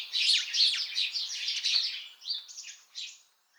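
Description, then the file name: House sparrow chirping, a burst of quick, harsh chirps at first, then a few separate notes with short gaps. "Passer domesticus"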